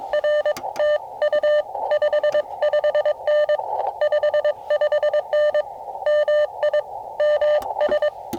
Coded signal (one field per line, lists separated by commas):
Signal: Morse code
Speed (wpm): 23 wpm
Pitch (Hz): 600 Hz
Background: none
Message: RTU 55N 55N MI MS